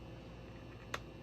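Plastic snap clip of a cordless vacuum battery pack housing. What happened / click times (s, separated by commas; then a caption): A plastic housing clip popped free / 0.9 s. A pry tool is worked under the lower edge of the plastic housing of a Wyze Cordless Vacuum / Cordless Vacuum S battery pack to get under its snap clips, with a low steady background. A single sharp pop is heard at 0.9 s as a plastic snap clip releases and the housing pops open.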